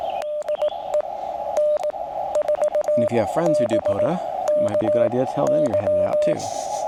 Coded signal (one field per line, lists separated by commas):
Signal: Morse code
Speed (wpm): 18 wpm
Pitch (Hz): 600 Hz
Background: speech, radio noise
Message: DE N4BKY